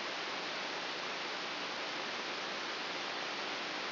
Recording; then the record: brain microelectrode recording played as sound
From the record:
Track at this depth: inside the subthalamic nucleus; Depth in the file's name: 3.602 mm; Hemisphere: right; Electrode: 3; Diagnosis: Parkinson's disease